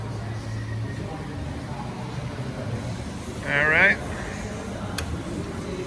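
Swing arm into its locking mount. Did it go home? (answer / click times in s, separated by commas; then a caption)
yes / 5.0 s. A swing arm is folded back into its locking mount over a steady low engine-like hum, with someone talking briefly. A single sharp click at 5.0 s confirms the arm has clicked back into its locked position.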